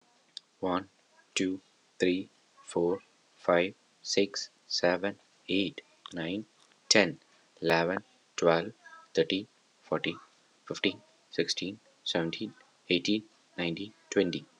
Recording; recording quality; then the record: counting at a normal pace; excellent, no background noise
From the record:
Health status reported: healthy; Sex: male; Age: 38 years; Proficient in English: yes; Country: United States